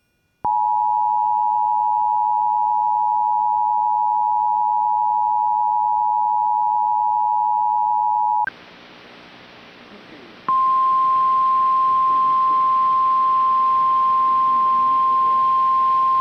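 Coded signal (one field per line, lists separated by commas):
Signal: Emergency Alert System (SAME) tones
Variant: 853 and 960 Hz attention tone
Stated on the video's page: Real severe thunderstorm warning EAS tones relayed by KFAF radio, saved by an ENDEC and replicated.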